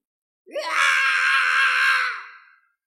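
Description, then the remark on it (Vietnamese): A single loud, sustained scream from an old man lasts about two seconds. It starts with a rough rising onset, holds a strained, harsh tone, then fades out. “Lão giáo chủ Kim Cương Môn hét lên, tóc tai bù xù, khóe miệng mang theo vết máu, ánh mắt giống như là hai mặt trời nhỏ màu bạc, vô cùng sáng lấp lánh.”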